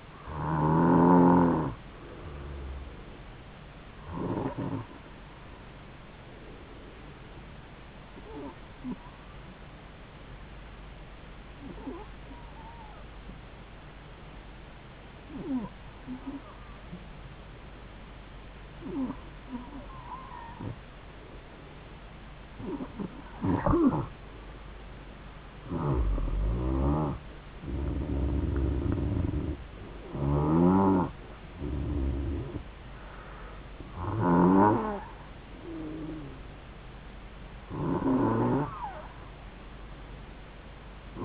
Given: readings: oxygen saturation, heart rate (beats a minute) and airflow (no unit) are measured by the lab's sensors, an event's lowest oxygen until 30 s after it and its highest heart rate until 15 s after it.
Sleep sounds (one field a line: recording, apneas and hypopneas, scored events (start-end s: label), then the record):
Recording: breathing in sleep by a voice recorder at the bedside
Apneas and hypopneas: 1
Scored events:
5.00-25.10 s: hypopnea (N2, oxygen 95% highest, then 91% lowest, heart rate 74 at the start, 74 highest)
From the record:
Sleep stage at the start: N2 (light sleep)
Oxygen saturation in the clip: 90 to 95%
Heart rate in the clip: 67 to 74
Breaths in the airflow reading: 11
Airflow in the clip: -4.8 to 7.2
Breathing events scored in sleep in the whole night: 270 in 6.1 hours asleep